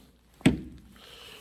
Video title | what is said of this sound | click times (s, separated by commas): Radial Arm-Saw Demo | once i have that lined i'm going to listen for the click of the clamp | 0.5 s